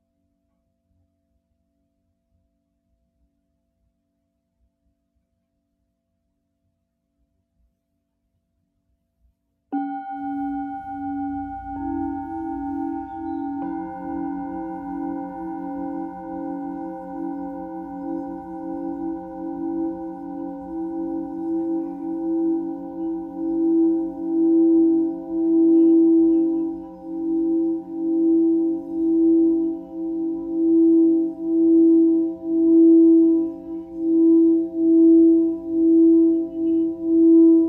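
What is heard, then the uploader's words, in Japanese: A singing bowl rings out after about ten seconds of silence, its sustained tone wavering in a slow, steady pulse. Around fourteen seconds a second bowl joins with a lower hum, and the blended ringing grows fuller and louder, swelling rhythmically through the end. メキシコから シンギングボウルのサウンドヒーリング ライブ。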